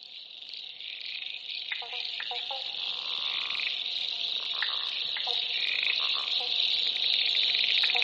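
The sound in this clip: Frogs giving short clicking croaks in a busy chorus, over a continuous high insect-like buzz that grows slowly louder throughout.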